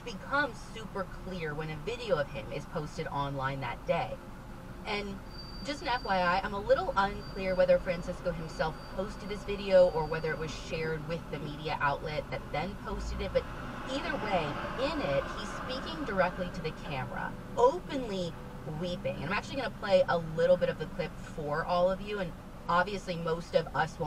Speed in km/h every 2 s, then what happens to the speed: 0, 0, 0, 0, 0, 0, 0, 0, 0, 0, 0, 0.
0-24 standing.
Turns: none.